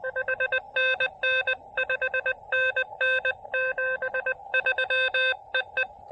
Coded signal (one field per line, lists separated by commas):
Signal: Morse code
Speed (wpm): 20 wpm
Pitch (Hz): 1550 Hz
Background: none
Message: HNN 5NN 73 EE